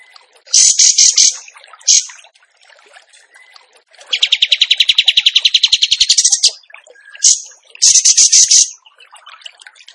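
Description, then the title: Bird delivering high chattering bursts, a fast rattling trill of repeated notes, then more chattering bursts, with quieter gaps between phrases. Masteran (training recording) in the tembakan gacor song style. "Masteran Burung Tembakan Gacor"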